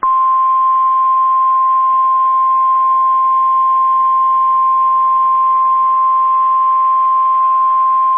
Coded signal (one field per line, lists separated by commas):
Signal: Emergency Alert System (SAME) tones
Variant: 1050 Hz attention tone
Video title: First Video Of 2021 EAS#90-115